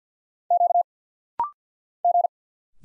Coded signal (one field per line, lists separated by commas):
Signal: Morse code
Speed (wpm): 48 wpm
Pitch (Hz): 700 Hz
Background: none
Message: Q G